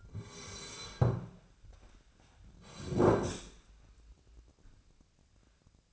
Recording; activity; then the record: daily activity, microphone in the room; sit down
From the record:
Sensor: 2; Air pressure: 1009.1 hPa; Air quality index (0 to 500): 172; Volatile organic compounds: 2 ppm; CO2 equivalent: 1260 ppm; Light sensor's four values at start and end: 39/101/43/46 and 35/92/39/42